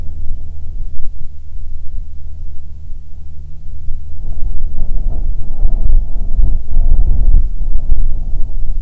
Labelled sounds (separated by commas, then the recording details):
wind
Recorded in the Prudhoe Bay oil fields, Alaska, on 7 August 2019 at 14:10
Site 17